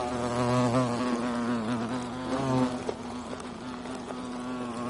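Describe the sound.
European hornet buzzing, a continuous deep hum with strong harmonics.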